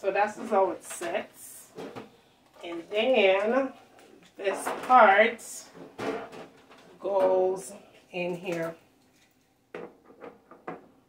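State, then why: Seated. Someone talks while fitting a removable part into its slot on the body of a Hamilton Beach professional restaurant-style home deep fryer. After the talking, a few short, sharp clicks come near the end. The part snaps into place at 10.7 s.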